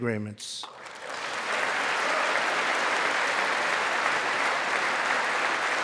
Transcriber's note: applause